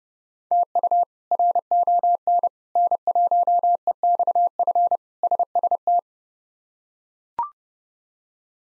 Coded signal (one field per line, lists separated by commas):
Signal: Morse code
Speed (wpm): 30 wpm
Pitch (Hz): 700 Hz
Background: none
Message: TU RON N1EXF SST